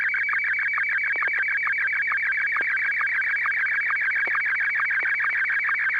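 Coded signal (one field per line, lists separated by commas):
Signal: SSTV (slow-scan television)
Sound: continuous warbling high tone with fast, evenly spaced low ticking pulses throughout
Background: steady low hum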